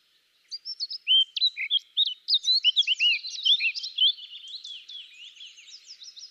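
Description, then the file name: Eurasian blackcap song: varied fluty and slurred notes delivered rapidly and loudly, easing into a quieter scratchy warble at the end. "Sylvia atricapilla"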